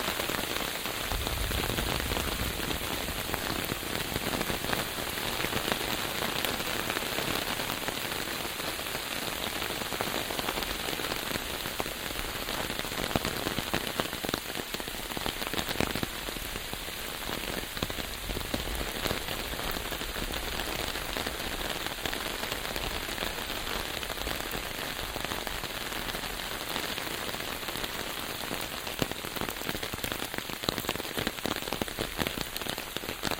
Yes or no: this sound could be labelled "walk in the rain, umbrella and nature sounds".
yes